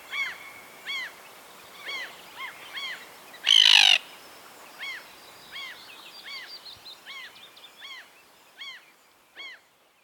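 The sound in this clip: Common tern calls: hoarse arched notes spaced roughly every half second to second, one loud harsh screech before the middle, fainter chattering calls behind.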